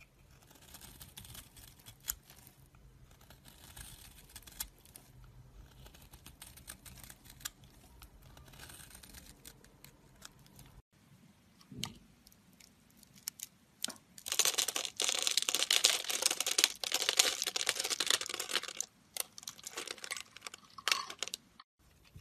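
Soap carving: quiet scraping and small clicks for ten seconds, then a brief dull knock, followed by louder, denser bright scratching from about fourteen seconds.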